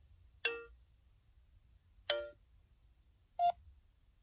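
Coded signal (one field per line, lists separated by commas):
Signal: none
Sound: a mobile phone's alert beeps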